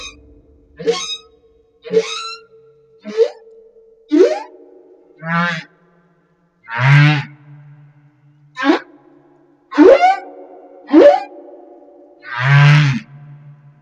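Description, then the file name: Humpback whale song: a run of short rising upsweeps broken by occasional low buzzy moans, uneven in spacing. Recorded off Madagascar. "Humpback Whale - Madagascar Whale One"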